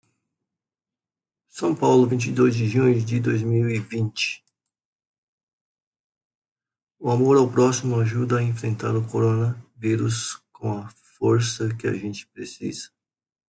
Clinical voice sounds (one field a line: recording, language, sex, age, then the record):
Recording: spoken sentence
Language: Brazilian Portuguese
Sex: male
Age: 60 to 69 years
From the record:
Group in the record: control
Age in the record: 61 years